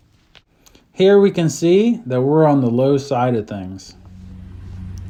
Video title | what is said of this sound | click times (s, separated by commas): 3 Minute How-To Recharge Air Condition STP AC Pro R-134a Honda Civic 3MM | and hear it snap into place | 0.4 s